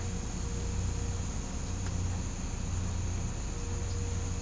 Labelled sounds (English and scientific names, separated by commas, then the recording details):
none
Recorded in pastures near Puerto Asís, Putumayo, Colombia, on 20 December 2024 at 07:30
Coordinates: 0.505, -76.324
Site G063